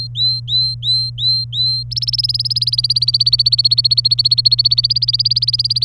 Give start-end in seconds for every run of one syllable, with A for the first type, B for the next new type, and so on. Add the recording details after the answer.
0.00-1.83 A, 1.91-5.84 B. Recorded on 27 April 2018 at 13:57. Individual llb3